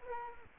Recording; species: mosquito wingbeat signal from an infrared sensor; Culex quinquefasciatus